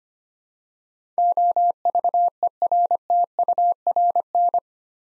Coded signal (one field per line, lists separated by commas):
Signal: Morse code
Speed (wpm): 25 wpm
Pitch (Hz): 700 Hz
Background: none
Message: OVERTURN